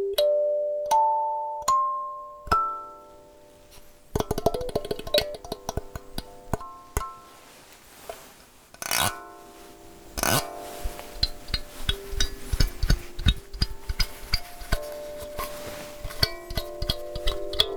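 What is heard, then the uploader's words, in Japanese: Kalimba notes ring out, starting with a few single plucked tones that decay slowly in the first few seconds. From about four seconds the playing grows busier, with quick clusters of notes, some sharp clicks and rattles, and sustained tones overlapping. カリンバの音色。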